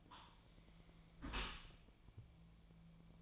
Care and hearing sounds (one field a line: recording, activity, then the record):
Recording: daily activity, microphone in the room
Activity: close dishwasher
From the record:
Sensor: 1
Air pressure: 1000.6 hPa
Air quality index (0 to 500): 183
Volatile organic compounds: 4 ppm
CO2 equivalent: 1681 ppm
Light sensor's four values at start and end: 11/27/11/13 and 11/27/11/13